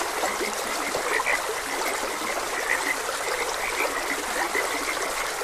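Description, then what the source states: Frogs croak in short bursts over a prominent trickling stream that fills the soundscape. Frogs croaking beside a gentle stream.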